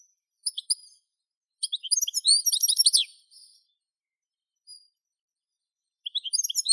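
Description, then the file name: European goldfinch song in short bursts: a few sharp chirps, then a fast tinkling twitter lasting about a second and a half, a long silence, and another twittering phrase. "Carduelis carduelis"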